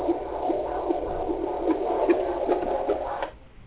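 Steady, regular heartbeat at about 150 beats a minute in a child, over a constant low hum.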